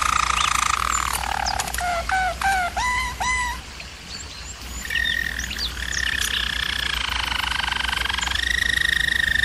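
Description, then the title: German Roller canary giving repeated curved whistled notes, then sliding into smooth rolling trills that hold steady to the end. German Roller canary singing, for canary training. "German Roller Canary Singing - Canary Training Vid"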